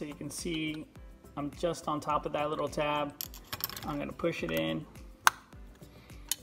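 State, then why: Seated. Someone talks while pressing on a small tab to push a plastic dashboard part into the body of an Audi TT Mk1 scale model car. A sharp snap at 5.3 seconds is heard as the dashboard pops into place, followed by a few faint ticks.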